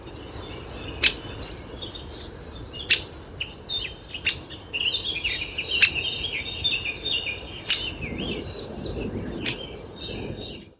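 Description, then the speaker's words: Great Spotted Woodpecker giving sharp single kik calls about every one and a half to two seconds, with continuous twittering from other songbirds in the background. Heard from both left and right while walking towards ponds. "Man hört schon den Buntspecht"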